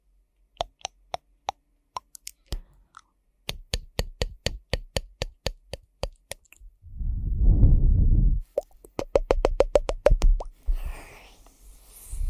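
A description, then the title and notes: Wet, sharp mouth clicks and smacks of ear-eating sounds, spaced irregularly at first and then arriving in quicker clusters. Around seven to eight and a half seconds a dense, low rumbling swell takes over before the rapid smacking resumes, ending in softer rustling. ASMR Ear Eating Tingles.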